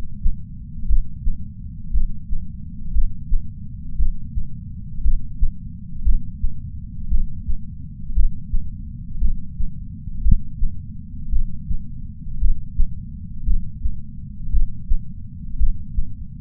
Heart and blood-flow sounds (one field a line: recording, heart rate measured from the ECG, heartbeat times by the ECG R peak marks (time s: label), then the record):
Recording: heart sounds by patch sensor on the chest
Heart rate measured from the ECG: 57 bpm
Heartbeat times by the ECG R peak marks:
0.87 s: heartbeat
1.92 s: heartbeat
2.93 s: heartbeat
3.97 s: heartbeat
5.02 s: heartbeat
6.04 s: heartbeat
7.09 s: heartbeat
8.14 s: heartbeat
9.19 s: heartbeat
10.23 s: heartbeat
11.30 s: heartbeat
12.39 s: heartbeat
13.45 s: heartbeat
14.51 s: heartbeat
15.58 s: heartbeat
From the record:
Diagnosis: coronary artery disease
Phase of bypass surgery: preoperative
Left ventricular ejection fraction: 63.3%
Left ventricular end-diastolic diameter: 44 mm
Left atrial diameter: 35 mm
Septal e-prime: 7 cm/s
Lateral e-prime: 10.5 cm/s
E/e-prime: 9.8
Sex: female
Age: 68 years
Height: 161 cm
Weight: 66.6 kg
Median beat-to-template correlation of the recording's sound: 0.94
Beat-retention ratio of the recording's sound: 0.99